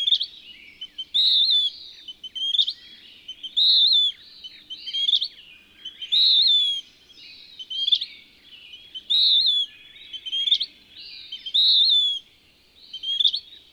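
Bird song made of short high whistled phrases ending in a sharp upslur, repeated steadily about every 2.5 seconds with little else audible.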